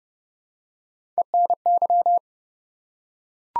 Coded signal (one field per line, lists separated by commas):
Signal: Morse code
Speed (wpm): 30 wpm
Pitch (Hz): 700 Hz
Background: none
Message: ENY